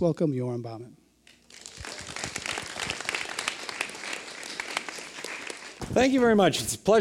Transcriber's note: applause